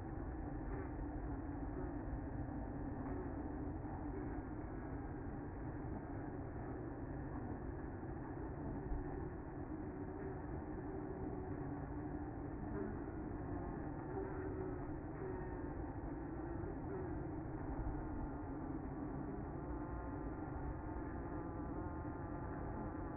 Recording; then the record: honeybee colony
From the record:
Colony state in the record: active